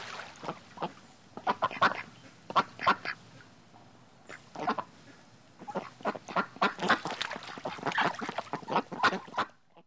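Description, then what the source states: Ducks quacking in bursts, several birds calling over one another in harsh, nasal runs with brief quiet gaps, busiest toward the end. Ducks quacking on a river.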